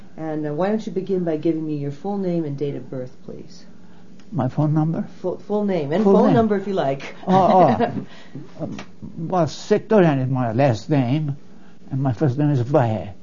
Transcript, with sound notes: And why don't you begin by giving me your full name and date of birth please.
My phone number?
Full name, and phone number if you like (laughs)
Oh, oh. Sekdorian is my last name, and my first name is Vahe.